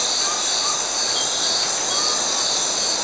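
Grasshopper stridulation, a dense, steady high-pitched hiss-like buzz that carries on unbroken, with a few faint thin whistles behind it.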